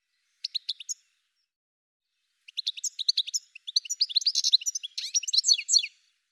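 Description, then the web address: Bird calls: a few sharp chirps, a pause of over a second, then a fast, busy stream of high twittering notes that thickens toward the end. "cianscape birddata Deverinetal 2025 File cleaned normalized Bird"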